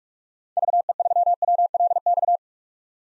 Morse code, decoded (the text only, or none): VE3WLX